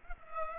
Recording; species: mosquito wingbeat signal from an infrared sensor; Culex pipiens